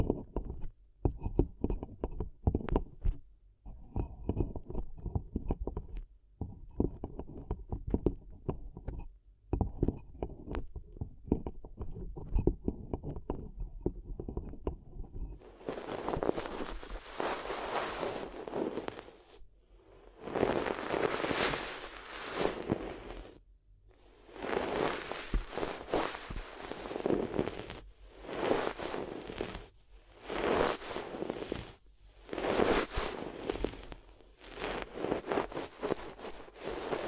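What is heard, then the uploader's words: ASMR paper sounds: for the first fifteen seconds, quick crisp taps and crinkles come in dense irregular bursts. After that, louder rustling sweeps take over, each lasting a second or two with short pauses between, bright and crackly like paper being crumpled and rubbed. ASMR If You Had Paper Ears (No Talking).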